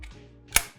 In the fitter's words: Look at this. Nice, satisfying snap.